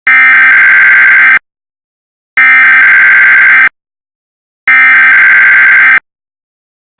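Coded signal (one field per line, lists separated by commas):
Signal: Emergency Alert System (SAME) tones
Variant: header bursts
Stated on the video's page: Fictional fire weather watch EAS alert based on a real event, not a live alert.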